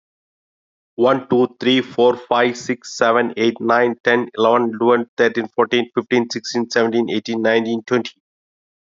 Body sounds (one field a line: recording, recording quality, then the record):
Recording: counting at a fast pace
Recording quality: excellent, no background noise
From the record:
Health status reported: exposed to COVID-19, no respiratory illness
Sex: male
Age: 50 years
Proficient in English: yes